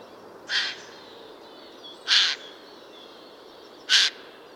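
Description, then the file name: Eurasian jay giving three harsh, rasping screeches, spaced a couple of seconds apart. "Garrulus glandarius"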